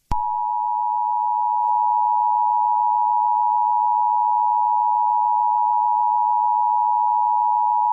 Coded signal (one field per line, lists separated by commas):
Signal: Emergency Alert System (SAME) tones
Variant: 853 and 960 Hz attention tone